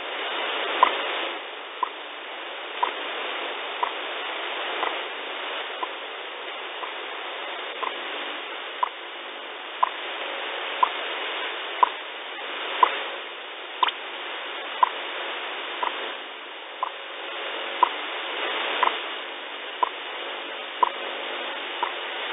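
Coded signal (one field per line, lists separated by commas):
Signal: radio time signal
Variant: WWV and WWVH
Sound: faint short clicks once each second under steady shortwave hiss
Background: radio static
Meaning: Each tick marks one second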